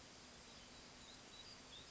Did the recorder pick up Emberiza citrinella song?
no